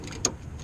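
A fuel line quick-connect fitting is pushed onto the nipple of a new in-line fuel filter on a 2005 Chevy Cobalt. A sharp, bright snap sounds at 0.3 seconds over a low, steady background hum. The fitting is confirmed seated.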